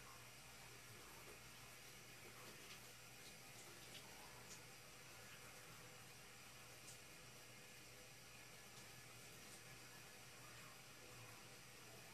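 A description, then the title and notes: Shower water runs from a distance in a steady, dense hiss that fills the whole 12 seconds without a break. A low hum sits underneath throughout, and faint, brief ticks and splashes flick through the upper range now and then. Shower sounds from a distance.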